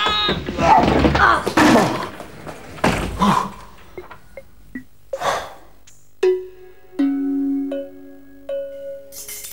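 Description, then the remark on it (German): A jammed classroom cupboard door is forced open: several heavy thuds and rattling bangs in quick succession, followed by a few sharp, high-pitched squeaky creaks with short pauses between them. “Hilf mir mal. Die Tür klemmt nämlich.”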